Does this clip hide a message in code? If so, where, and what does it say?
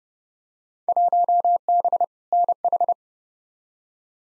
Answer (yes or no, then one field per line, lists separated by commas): yes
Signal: Morse code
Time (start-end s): 0.9-2.9 s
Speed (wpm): 29 wpm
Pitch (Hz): 700 Hz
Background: none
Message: 1B NH